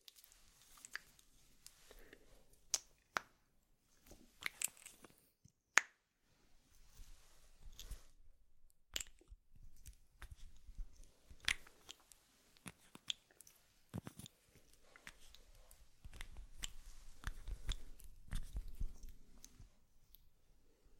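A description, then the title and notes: Makeup being applied with no talking: soft brushing and rustling strokes come and go, broken by sharp clicks and taps every second or two, like lids and cases. Denser, scratchy brushing fills the last few seconds, with faint low thumps underneath. ASMR Doing Your Makeup , Pure Sounds , No Talking.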